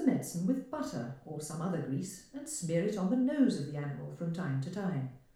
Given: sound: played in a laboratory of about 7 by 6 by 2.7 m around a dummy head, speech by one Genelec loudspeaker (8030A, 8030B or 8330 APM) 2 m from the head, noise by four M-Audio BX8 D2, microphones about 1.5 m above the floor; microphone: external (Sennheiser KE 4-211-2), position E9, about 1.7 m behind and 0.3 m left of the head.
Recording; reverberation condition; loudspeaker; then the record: female speech in English; medium; 120 degrees to the left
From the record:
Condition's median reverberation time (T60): about 510 ms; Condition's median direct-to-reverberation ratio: about -0.5 dB